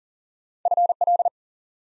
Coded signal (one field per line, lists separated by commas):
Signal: Morse code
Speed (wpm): 40 wpm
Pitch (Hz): 700 Hz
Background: none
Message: FL